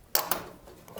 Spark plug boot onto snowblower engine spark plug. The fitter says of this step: And when you hook these up, make sure you hear a click.